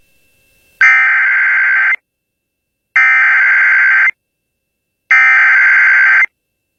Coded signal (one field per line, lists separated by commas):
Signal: Emergency Alert System (SAME) tones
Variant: header bursts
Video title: Flash Flood Warning on KQWB-AM (EAS #1046)